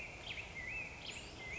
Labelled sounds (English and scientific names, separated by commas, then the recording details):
Black-headed Grosbeak (Pheucticus melanocephalus)
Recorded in Sonoma County, California